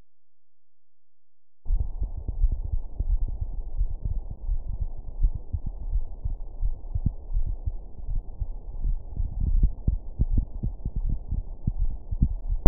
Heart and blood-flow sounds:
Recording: heart sounds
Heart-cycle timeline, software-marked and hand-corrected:
0.00	1.70	noise
1.70	1.86	S1
1.86	2.02	systole
2.02	2.12	S2
2.12	2.38	diastole
2.38	2.52	S1
2.52	2.72	systole
2.72	2.82	S2
2.82	3.08	diastole
3.08	3.20	S1
3.20	3.40	systole
3.40	3.50	S2
3.50	3.76	diastole
3.76	3.88	S1
3.88	4.06	systole
4.06	4.20	S2
4.20	4.48	diastole
4.48	4.60	S1
4.60	4.80	systole
4.80	4.90	S2
4.90	5.18	diastole
5.18	5.32	S1
5.32	5.52	systole
5.52	5.62	S2
5.62	5.90	diastole
5.90	6.04	S1
6.04	6.26	systole
6.26	6.36	S2
6.36	6.62	diastole
6.62	6.74	S1
6.74	6.94	systole
6.94	7.04	S2
7.04	7.32	diastole
7.32	7.48	S1
7.48	7.66	systole
7.66	7.78	S2
7.78	8.08	diastole
8.08	8.22	S1
8.22	8.40	systole
8.40	8.50	S2
8.50	8.82	diastole
8.82	8.98	S1
8.98	9.18	systole
9.18	9.28	S2
9.28	9.54	diastole
9.54	9.72	S1
9.72	9.86	systole
9.86	10.00	S2
10.00	10.28	diastole
10.28	10.46	S1
10.46	10.64	systole
10.64	10.74	S2
10.74	11.02	diastole
11.02	11.16	S1
11.16	11.32	systole
11.32	11.44	S2
11.44	11.76	diastole
11.76	11.92	S1
11.92	12.10	systole
12.10	12.20	S2
12.20	12.48	diastole
12.48	12.60	S1
12.60	12.68	systole
From the record:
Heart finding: coronary artery disease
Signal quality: good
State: rest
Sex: female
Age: 45 years

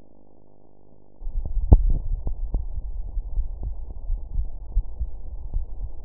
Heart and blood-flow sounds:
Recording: heart sounds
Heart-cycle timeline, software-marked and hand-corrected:
0.00	0.31	diastole
0.31	0.39	S1
0.39	0.57	systole
0.57	0.67	S2
0.67	1.09	diastole
1.09	1.17	S1
1.17	1.35	systole
1.35	1.45	S2
1.45	1.79	diastole
1.79	1.97	S1
1.97	2.09	systole
2.09	2.23	S2
2.23	2.53	diastole
2.53	2.67	S1
2.67	2.85	systole
2.85	2.93	S2
2.93	3.33	diastole
3.33	3.47	S1
3.47	3.63	systole
3.63	3.73	S2
3.73	4.07	diastole
4.07	4.21	S1
4.21	4.35	systole
4.35	4.45	S2
4.45	4.75	diastole
4.75	4.85	S1
4.85	4.99	systole
4.99	5.11	S2
5.11	5.53	diastole
5.53	5.65	S1
5.65	5.81	systole
5.81	5.91	S2
5.91	6.05	diastole
From the record:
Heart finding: coronary artery disease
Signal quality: good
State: rest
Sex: female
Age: 75 years

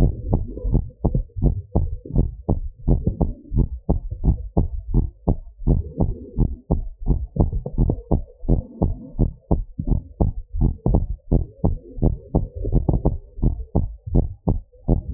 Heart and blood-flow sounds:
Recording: heart sounds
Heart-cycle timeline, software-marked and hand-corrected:
0.00	0.12	S1
0.12	0.32	systole
0.32	0.44	S2
0.44	0.68	diastole
0.68	0.84	S1
0.84	1.10	systole
1.10	1.22	S2
1.22	1.42	diastole
1.42	1.56	S1
1.56	1.76	systole
1.76	1.90	S2
1.90	2.16	diastole
2.16	2.28	S1
2.28	2.50	systole
2.50	2.60	S2
2.60	2.88	diastole
2.88	3.00	S1
3.00	3.22	systole
3.22	3.30	S2
3.30	3.54	diastole
3.54	3.68	S1
3.68	3.90	systole
3.90	4.00	S2
4.00	4.26	diastole
4.26	4.38	S1
4.38	4.58	systole
4.58	4.70	S2
4.70	4.94	diastole
4.94	5.08	S1
5.08	5.28	systole
5.28	5.38	S2
5.38	5.66	diastole
5.66	5.82	S1
5.82	6.00	systole
6.00	6.12	S2
6.12	6.38	diastole
6.38	6.50	S1
6.50	6.72	systole
6.72	6.84	S2
6.84	7.08	diastole
7.08	7.20	S1
7.20	7.40	systole
7.40	7.50	S2
7.50	7.78	diastole
7.78	7.92	S1
7.92	8.12	systole
8.12	8.22	S2
8.22	8.48	diastole
8.48	8.62	S1
8.62	8.82	systole
8.82	8.94	S2
8.94	9.20	diastole
9.20	9.30	S1
9.30	9.52	systole
9.52	9.64	S2
9.64	9.88	diastole
9.88	9.98	S1
9.98	10.20	systole
10.20	10.32	S2
10.32	10.58	diastole
10.58	10.74	S1
10.74	10.92	systole
10.92	11.06	S2
11.06	11.32	diastole
11.32	11.46	S1
11.46	11.70	systole
11.70	11.78	S2
11.78	12.04	diastole
12.04	12.16	S1
12.16	12.36	systole
12.36	12.46	S2
12.46	12.70	diastole
12.70	12.84	S1
12.84	13.06	systole
13.06	13.18	S2
13.18	13.42	diastole
13.42	13.56	S1
13.56	13.76	systole
13.76	13.88	S2
13.88	14.14	diastole
14.14	14.30	S1
14.30	14.54	systole
14.54	14.62	S2
14.62	14.90	diastole
14.90	15.00	S1
15.00	15.14	systole
From the record:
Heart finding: normal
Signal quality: good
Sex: female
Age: 36 years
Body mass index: 28.5

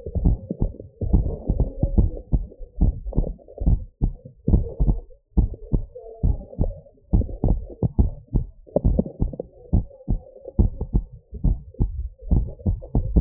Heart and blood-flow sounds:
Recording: heart sounds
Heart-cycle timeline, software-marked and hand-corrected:
0.00	0.21	diastole
0.21	0.37	S1
0.37	0.61	systole
0.61	0.71	S2
0.71	1.11	diastole
1.11	1.27	S1
1.27	1.49	systole
1.49	1.59	S2
1.59	1.95	diastole
1.95	2.11	S1
2.11	2.33	systole
2.33	2.43	S2
2.43	2.81	diastole
2.81	2.95	S1
2.95	3.17	systole
3.17	3.27	S2
3.27	3.65	diastole
3.65	3.79	S1
3.79	4.03	systole
4.03	4.13	S2
4.13	4.49	diastole
4.49	4.63	S1
4.63	4.81	systole
4.81	4.97	S2
4.97	5.37	diastole
5.37	5.49	S1
5.49	5.73	systole
5.73	5.83	S2
5.83	6.23	diastole
6.23	6.37	S1
6.37	6.61	systole
6.61	6.71	S2
6.71	7.13	diastole
7.13	7.25	S1
7.25	7.49	systole
7.49	7.61	S2
7.61	7.99	diastole
7.99	8.11	S1
8.11	8.35	systole
8.35	8.45	S2
8.45	8.85	diastole
8.85	8.99	S1
8.99	9.21	systole
9.21	9.31	S2
9.31	9.73	diastole
9.73	9.85	S1
9.85	10.09	systole
10.09	10.19	S2
10.19	10.59	diastole
10.59	10.71	S1
10.71	10.93	systole
10.93	11.03	S2
11.03	11.45	diastole
11.45	11.57	S1
11.57	11.81	systole
11.81	11.91	S2
11.91	12.31	diastole
12.31	12.45	S1
12.45	12.67	systole
12.67	12.77	S2
12.77	13.15	diastole
13.15	13.21	S1
From the record:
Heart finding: abnormal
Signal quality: good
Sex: male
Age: 48 years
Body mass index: 28.7

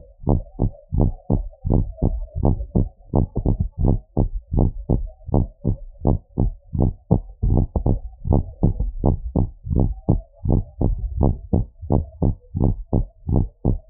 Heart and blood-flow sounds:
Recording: heart sounds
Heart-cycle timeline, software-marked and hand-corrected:
0.01	0.29	diastole
0.29	0.41	S1
0.41	0.61	systole
0.61	0.71	S2
0.71	0.97	diastole
0.97	1.11	S1
1.11	1.37	systole
1.37	1.47	S2
1.47	1.71	diastole
1.71	1.85	S1
1.85	2.09	systole
2.09	2.21	S2
2.21	2.43	diastole
2.43	2.55	S1
2.55	2.77	systole
2.77	2.87	S2
2.87	3.15	diastole
3.15	3.27	S1
3.27	3.47	systole
3.47	3.57	S2
3.57	3.83	diastole
3.83	3.97	S1
3.97	4.19	systole
4.19	4.31	S2
4.31	4.55	diastole
4.55	4.69	S1
4.69	4.91	systole
4.91	5.05	S2
5.05	5.33	diastole
5.33	5.45	S1
5.45	5.67	systole
5.67	5.77	S2
5.77	6.05	diastole
6.05	6.19	S1
6.19	6.39	systole
6.39	6.53	S2
6.53	6.79	diastole
6.79	6.91	S1
6.91	7.11	systole
7.11	7.23	S2
7.23	7.47	diastole
7.47	7.63	S1
7.63	7.87	systole
7.87	7.97	S2
7.97	8.27	diastole
8.27	8.41	S1
8.41	8.63	systole
8.63	8.75	S2
8.75	9.03	diastole
9.03	9.15	S1
9.15	9.37	systole
9.37	9.49	S2
9.49	9.75	diastole
9.75	9.89	S1
9.89	10.09	systole
10.09	10.21	S2
10.21	10.47	diastole
10.47	10.61	S1
10.61	10.85	systole
10.85	10.97	S2
10.97	11.17	diastole
11.17	11.31	S1
11.31	11.53	systole
11.53	11.63	S2
11.63	11.91	diastole
11.91	12.03	S1
12.03	12.23	systole
12.23	12.33	S2
12.33	12.61	diastole
12.61	12.75	S1
12.75	12.99	systole
12.99	13.07	S2
13.07	13.33	diastole
13.33	13.47	S1
13.47	13.71	systole
13.71	13.79	S2
13.79	13.90	diastole
From the record:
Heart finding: normal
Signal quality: good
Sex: female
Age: 62 years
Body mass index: 22.6

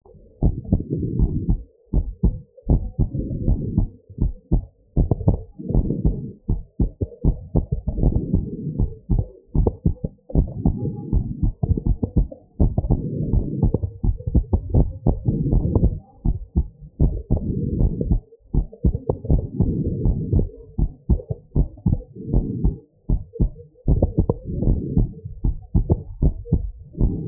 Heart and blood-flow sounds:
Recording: heart sounds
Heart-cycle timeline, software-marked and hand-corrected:
0.00	0.02	S2
0.02	0.44	diastole
0.44	0.54	S1
0.54	0.72	systole
0.72	0.82	S2
0.82	1.16	diastole
1.16	1.30	S1
1.30	1.48	systole
1.48	1.58	S2
1.58	1.96	diastole
1.96	2.06	S1
2.06	2.24	systole
2.24	2.34	S2
2.34	2.70	diastole
2.70	2.82	S1
2.82	3.00	systole
3.00	3.10	S2
3.10	3.44	diastole
3.44	3.58	S1
3.58	3.76	systole
3.76	3.88	S2
3.88	4.22	diastole
4.22	4.34	S1
4.34	4.52	systole
4.52	4.62	S2
4.62	4.98	diastole
4.98	5.10	S1
5.10	5.26	systole
5.26	5.38	S2
5.38	5.74	diastole
5.74	5.88	S1
5.88	6.06	systole
6.06	6.16	S2
6.16	6.50	diastole
6.50	6.60	S1
6.60	6.80	systole
6.80	6.90	S2
6.90	7.26	diastole
7.26	7.38	S1
7.38	7.56	systole
7.56	7.64	S2
7.64	8.00	diastole
8.00	8.14	S1
8.14	8.32	systole
8.32	8.44	S2
8.44	8.80	diastole
8.80	8.92	S1
8.92	9.12	systole
9.12	9.24	S2
9.24	9.58	diastole
9.58	9.72	S1
9.72	9.86	systole
9.86	9.96	S2
9.96	10.36	diastole
10.36	10.48	S1
10.48	10.66	systole
10.66	10.76	S2
10.76	11.12	diastole
11.12	11.24	S1
11.24	11.42	systole
11.42	11.52	S2
11.52	11.88	diastole
11.88	11.98	S1
11.98	12.18	systole
12.18	12.28	S2
12.28	12.60	diastole
12.60	12.72	S1
12.72	12.88	systole
12.88	13.00	S2
13.00	13.30	diastole
13.30	13.44	S1
13.44	13.62	systole
13.62	13.72	S2
13.72	14.08	diastole
14.08	14.18	S1
14.18	14.34	systole
14.34	14.44	S2
14.44	14.74	diastole
14.74	14.88	S1
14.88	15.06	systole
15.06	15.16	S2
15.16	15.48	diastole
15.48	15.64	S1
15.64	15.80	systole
15.80	15.94	S2
15.94	16.26	diastole
16.26	16.38	S1
16.38	16.56	systole
16.56	16.66	S2
16.66	17.00	diastole
17.00	17.14	S1
17.14	17.32	systole
17.32	17.40	S2
17.40	17.74	diastole
17.74	17.90	S1
17.90	18.08	systole
18.08	18.20	S2
18.20	18.56	diastole
18.56	18.66	S1
18.66	18.86	systole
18.86	18.96	S2
18.96	19.30	diastole
19.30	19.42	S1
19.42	19.60	systole
19.60	19.72	S2
19.72	20.04	diastole
20.04	20.18	S1
20.18	20.34	systole
20.34	20.46	S2
20.46	20.80	diastole
20.80	20.90	S1
20.90	21.10	systole
21.10	21.20	S2
21.20	21.56	diastole
21.56	21.68	S1
21.68	21.86	systole
21.86	21.96	S2
21.96	22.32	diastole
22.32	22.46	S1
22.46	22.62	systole
22.62	22.74	S2
22.74	23.10	diastole
23.10	23.22	S1
23.22	23.40	systole
23.40	23.50	S2
23.50	23.88	diastole
23.88	24.00	S1
24.00	24.16	systole
24.16	24.26	S2
24.26	24.64	diastole
24.64	24.80	S1
24.80	24.96	systole
24.96	25.08	S2
25.08	25.44	diastole
25.44	25.56	S1
25.56	25.76	systole
25.76	25.86	S2
25.86	26.22	diastole
26.22	26.34	S1
26.34	26.52	systole
26.52	26.64	S2
26.64	27.00	diastole
27.00	27.14	S1
27.14	27.28	systole
From the record:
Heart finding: normal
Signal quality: good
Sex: female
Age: 56 years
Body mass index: 28.4

